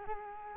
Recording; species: mosquito wingbeat signal from an infrared sensor; Culex quinquefasciatus